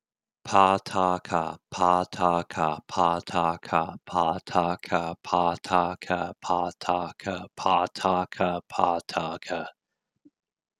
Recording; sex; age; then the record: repeated syllables /pa ta ka/; male; 40 to 49 years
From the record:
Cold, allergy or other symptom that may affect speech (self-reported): no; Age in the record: 48 years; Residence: Oregon, United States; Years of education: 14